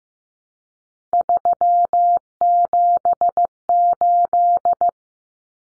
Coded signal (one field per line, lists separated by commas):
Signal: Morse code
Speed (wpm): 14 wpm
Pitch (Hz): 700 Hz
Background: none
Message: 378